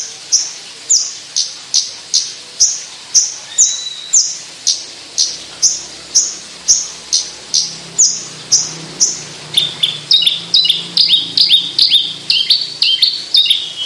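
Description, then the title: Javan bush lark song: sharp, down-slurred chirps repeated about twice a second, then speeding into a denser run of mixed high notes. Indonesian sundul langit song style, described as a skyward song flight. "Branjangan Sundul Langit 3"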